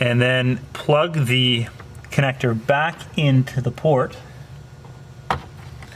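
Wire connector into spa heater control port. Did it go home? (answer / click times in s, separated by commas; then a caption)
yes / 5.3 s. A wire connector, with its wires checked as firmly seated, is plugged back into the port on an acrylic spa heater control while someone talks. A sharp click sounds at 5.3 s as the connector seats in the port, followed by a few faint ticks.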